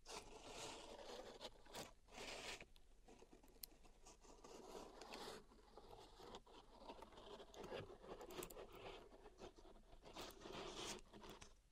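Pink salt being raked and stirred in a zen garden tray, a continuous crisp granular scratching and pattering. The grains rustle densely with bright bursts of sharper scraping every second or two, especially near the start and around eight to eleven seconds.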